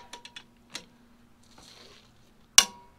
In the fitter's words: hear it click it's torqued